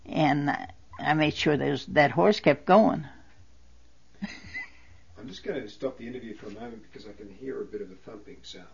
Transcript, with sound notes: and I made sure the horse kept going. (She laughs.)
I'm just going to stop the interview for a moment because I can hear a bit of a thumping sound.